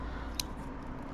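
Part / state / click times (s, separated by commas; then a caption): folding shears joint locking into folded position / seated / 0.4 s. A pair of folding EMT shears is folded down to pack away compactly. A single sharp click is heard at 0.4 s over a steady low background hum. The joint locks into its compact folded position.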